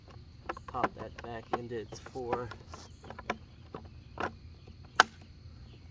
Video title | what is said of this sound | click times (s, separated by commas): Easily Adjust Valves, Honda HRN 216 (GCV 170) | hold until you hear it click. | 5.0 s